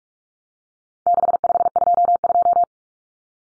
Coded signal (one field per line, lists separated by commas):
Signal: Morse code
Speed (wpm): 44 wpm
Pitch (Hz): 700 Hz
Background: none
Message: 6522